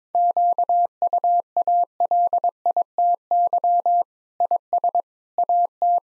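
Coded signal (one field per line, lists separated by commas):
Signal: Morse code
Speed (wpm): 21 wpm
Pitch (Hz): 700 Hz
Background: none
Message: QUALITY IS AT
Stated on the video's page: Morse practice at 22 wpm, sentences with common six-word phrases, sent, spoken, then sent again for head-copy.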